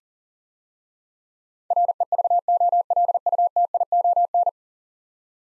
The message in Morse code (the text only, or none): REVOLUTION